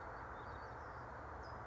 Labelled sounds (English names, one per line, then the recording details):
California Towhee
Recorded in Sonoma County, California